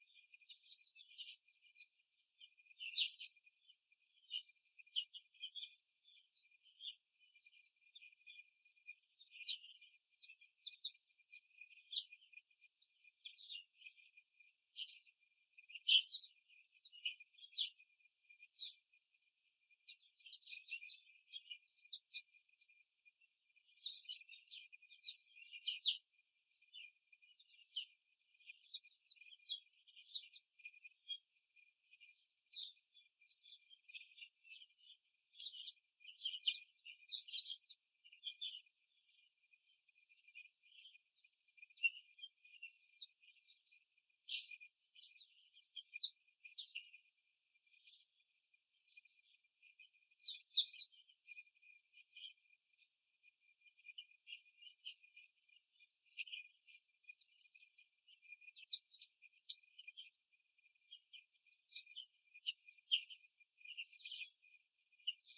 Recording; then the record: young laying hens in a cage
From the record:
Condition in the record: before the stressor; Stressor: simulated dog barking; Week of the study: 3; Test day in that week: 1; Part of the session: 1